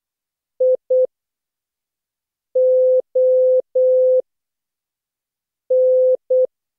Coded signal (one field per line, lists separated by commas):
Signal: Morse code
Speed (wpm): 12 wpm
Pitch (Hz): 510 Hz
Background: none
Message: I O N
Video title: Daily Minutes, December 2, 2015, without the Contestia.